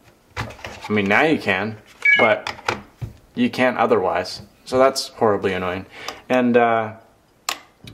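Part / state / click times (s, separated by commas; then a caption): smartphone in charging case onto charging base / not seated / none. An iPhone 3GS/3G in a Case-Mate Hug charging case is set onto its charging base, which fails to latch because it is not as latchy as it should be. Someone talks for most of the clip, then a single sharp knock at about 7.5 s marks the phone landing on the base. Nothing has clicked or latched into place yet.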